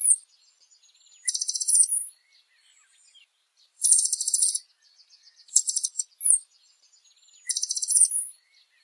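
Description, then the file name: Blue dacnis song: high sizzling buzzy phrases repeated several times, interspersed with brief thin downslurred whistles and soft chips. "Canto do Sai azul"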